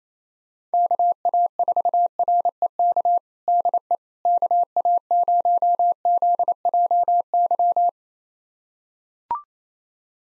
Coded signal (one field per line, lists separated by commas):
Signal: Morse code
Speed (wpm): 28 wpm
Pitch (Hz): 700 Hz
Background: none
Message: KA4REK DE KA0ZJY